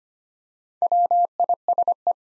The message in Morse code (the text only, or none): WISE